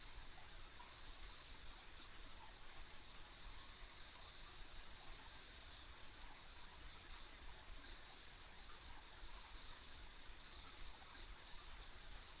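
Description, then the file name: Insect chorus, a high shimmering trill with small repeated pulses, set against quiet low-pitched background noise. Ambient insect sounds on a country road. "田舎道の虫の環境音"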